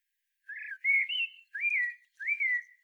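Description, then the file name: Common blackbird song: a few clear, fluty whistles that rise and gently fall, each slurred note trailing off softly. "Turdus merula"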